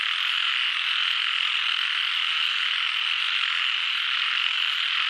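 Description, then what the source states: Frogs: frog chorus of many overlapping calls forming an unbroken, shimmering high-pitched drone that holds steady from start to finish. Chorus of frogs recorded in Doi Suthep National Park, Thailand.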